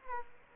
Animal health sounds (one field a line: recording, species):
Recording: mosquito wingbeat signal from an infrared sensor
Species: Aedes aegypti